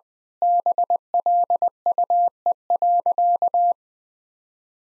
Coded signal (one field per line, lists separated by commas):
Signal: Morse code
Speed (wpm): 21 wpm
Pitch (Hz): 700 Hz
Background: none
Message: BLUE.